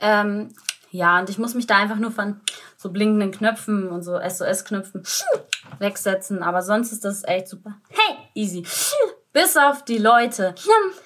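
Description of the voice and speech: Fluent German speech from an adult woman with Tourette syndrome, an inherited neurological condition with motor and vocal tics, broken by an abrupt, out-of-context interjection, 'Hey, easy', and laughter, typical of Tourette vocal tics.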